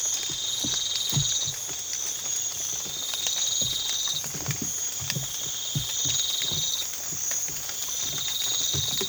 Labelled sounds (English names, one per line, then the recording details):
none
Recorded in pastures near Puerto Asís, Putumayo, Colombia, on 8 March 2025 at 04:00
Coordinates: 0.487, -76.322
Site G077